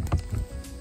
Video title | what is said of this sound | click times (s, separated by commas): Which Off Camera Flash LED is Better? Rotolight Aeos 2 VS. the Stella Pro Reflex S | doesn't snap there's no snap to it | none